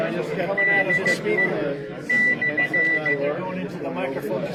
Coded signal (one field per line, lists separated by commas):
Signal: Morse code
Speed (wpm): 15 wpm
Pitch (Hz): 1950 Hz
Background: speech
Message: DE /